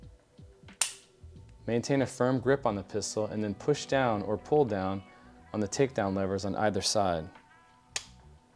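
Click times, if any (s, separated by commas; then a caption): 8.0 s. While gripping a CANiK TTI Combat pistol, the takedown levers on both sides are pulled down to unlock the steel slide from the polymer frame as someone talks. A sharp snap sounds near 0.8 s, and the audible takedown-lever click comes at 8.0 s, releasing the slide from the frame.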